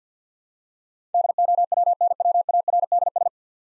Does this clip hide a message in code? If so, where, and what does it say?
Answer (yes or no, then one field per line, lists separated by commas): yes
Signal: Morse code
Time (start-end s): 1.1-3.3 s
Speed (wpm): 50 wpm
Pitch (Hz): 700 Hz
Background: none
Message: DOWNWARDS